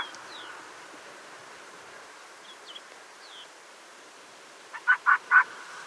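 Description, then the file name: Arctic fox barking: three quick barks near the end after a quiet stretch, with a few faint high chirps earlier. "FJELLREV"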